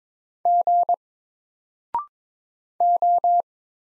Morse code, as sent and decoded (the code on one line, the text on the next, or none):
--. / ---
G O